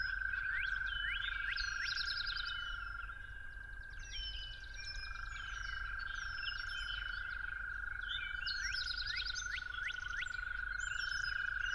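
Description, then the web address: Toads give a long, steady, unbroken trill throughout, under a busy chorus of chirping and whistling birds. Toads calling at dawn. "musicofnature Toads at Dawn"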